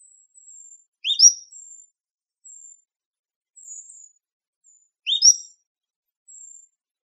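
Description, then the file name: Cordilleran flycatcher call: two sharp upslurred notes, repeated twice four seconds apart, with faint, thin, high notes in the gaps. Recorded in Arizona. "COFL 3 A deviche"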